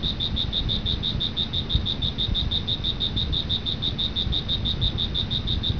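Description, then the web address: Cricket chirping: shrill pulses ticking out evenly and unchanging, with a steady low rumble. "特酷声音素材库 动物 昆虫 蟋蟀"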